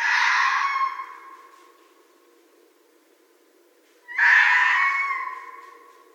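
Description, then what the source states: Red fox giving two harsh, raspy screams, one at the start and another about four seconds later, each fading slowly, with quiet between them. Recorded in 2012.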